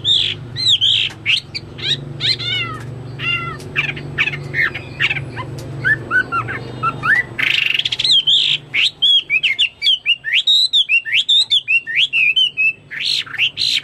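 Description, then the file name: Chinese hwamei singing a varied, loud phrase of sharp chirps and slurred whistles, then a rapid string of bright looping whistled notes; faint low hum underneath. "omkicau hwamei"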